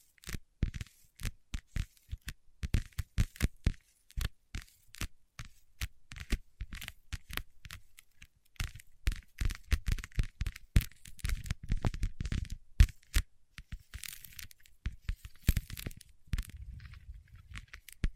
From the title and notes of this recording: ASMR with Wax Fingertips for Sleep (No Talking).